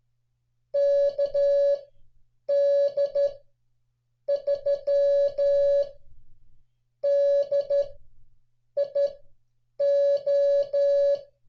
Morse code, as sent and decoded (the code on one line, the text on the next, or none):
-.- -.. ...-- -.. .. ---
KD3DIO